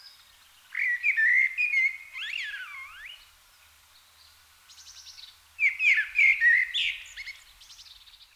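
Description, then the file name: Common blackbird delivering two melodious phrases, the first ending in a sliding downward squeal, the second in high scratchy twitters. "Turdus merula"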